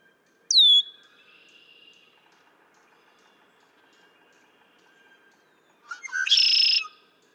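Red-winged blackbird song: a bright downslurred whistle at the start, a long pause, then short notes leading into a harsh, buzzy trill.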